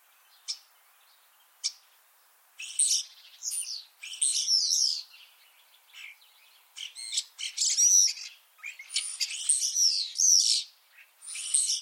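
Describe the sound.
Common starling song: isolated sharp clicks, then bursts of harsh chatter, squeals and high whistles in busy clusters.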